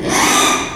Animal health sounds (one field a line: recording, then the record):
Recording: squeal of a Yucatan mini pig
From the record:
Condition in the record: after surgery on the right vocal fold (resection and tissue-engineered implant)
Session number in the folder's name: 3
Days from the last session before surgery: 33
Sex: male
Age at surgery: 12 weeks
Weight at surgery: 13 kg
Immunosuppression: cyclosporine, prednisolone